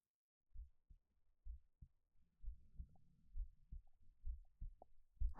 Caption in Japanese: 心地のいい心音。